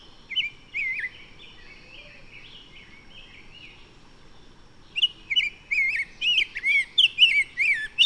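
Bird singing: a few soft warbled notes, a lull, then a sustained outpouring of quick, bright whistles that twist up and down.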